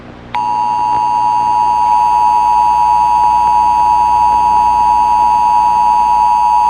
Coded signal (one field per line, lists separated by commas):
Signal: Emergency Alert System (SAME) tones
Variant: 853 and 960 Hz attention tone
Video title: EAS Scenario 4: Try Your Luck (Late St. Patrick’s Day Special)